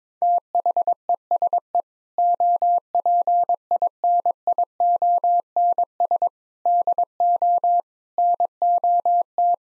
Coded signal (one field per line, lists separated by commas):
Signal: Morse code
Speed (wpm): 22 wpm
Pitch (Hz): 700 Hz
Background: none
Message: THESE OPINIONS DO NOT